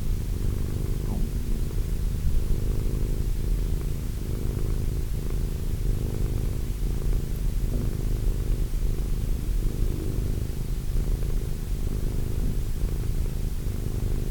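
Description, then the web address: Cat purring, a low steady rumble swelling and easing in breath cycles, with a few faint clicks. Cat named Wilson. "~pelikas CATSOUNDS Wilson Cat"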